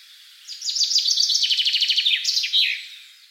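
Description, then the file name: Common chaffinch song, one brisk phrase of rapid repeated notes ending in an emphatic terminal flourish. "Fringilla coelebs"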